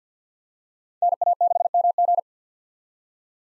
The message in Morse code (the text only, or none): NA6MG